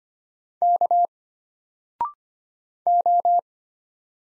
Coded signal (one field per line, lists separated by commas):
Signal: Morse code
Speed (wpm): 25 wpm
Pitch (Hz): 700 Hz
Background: none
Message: K O